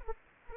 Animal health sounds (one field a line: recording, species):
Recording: mosquito wingbeat signal from an infrared sensor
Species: Anopheles arabiensis